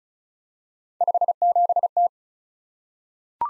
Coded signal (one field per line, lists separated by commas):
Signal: Morse code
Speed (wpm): 36 wpm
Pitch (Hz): 700 Hz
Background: none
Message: 57T